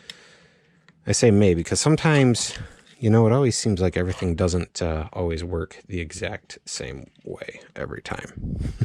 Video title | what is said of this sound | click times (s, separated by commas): How to replace the gas line on a Stihl Ms 210 chainsaw | pull the carb forward it pops right in | 0.1 s